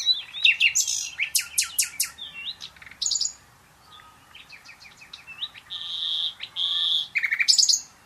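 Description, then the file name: Common nightingale song with loud rapid trills and chattering notes, a brief pause, then sweet slurred whistles and a sustained buzzy phrase before more trills. "Luscinia megarhynchos"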